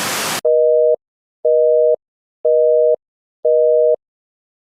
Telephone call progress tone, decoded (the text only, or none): busy tone